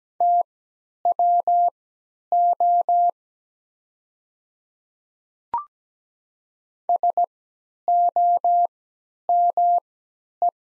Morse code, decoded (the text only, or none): TWO SOME